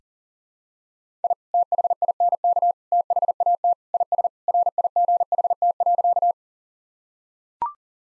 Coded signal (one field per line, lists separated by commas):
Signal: Morse code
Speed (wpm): 40 wpm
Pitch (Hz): 700 Hz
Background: none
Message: I THINK THAT IS RIGHT.